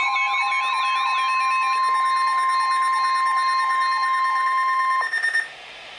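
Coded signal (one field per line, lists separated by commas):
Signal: Emergency Alert System (SAME) tones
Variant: 1050 Hz attention tone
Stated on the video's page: Severe Thunderstorm Warning and Special Marine Warning from NOAA Weather Radio transmitter; the last alert recorded on a phone.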